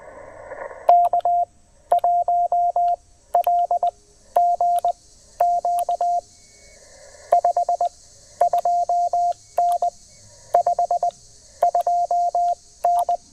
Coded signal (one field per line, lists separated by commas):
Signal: Morse code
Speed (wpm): 20 wpm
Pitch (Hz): 700 Hz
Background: none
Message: K1LGQ 52N 52N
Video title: 20 Meters, QRP, & Canine Companions: A Relaxing POTA Afternoon at Table Rock